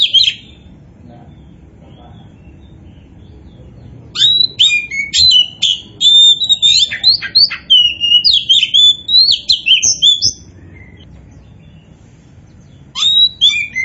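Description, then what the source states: Oriental magpie-robin song: a short whistled note at the start, then a long burst of rich, varied, high whistles and trills from about four to ten seconds, resuming briefly near the end. Kacer poci variety, singing in vigorous full song known as gacor.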